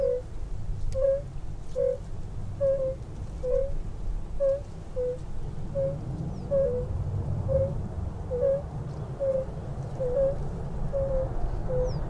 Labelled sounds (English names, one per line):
Fire-Bellied Toad call